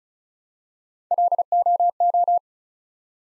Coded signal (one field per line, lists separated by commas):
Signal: Morse code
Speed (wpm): 36 wpm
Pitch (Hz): 700 Hz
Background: none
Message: LOO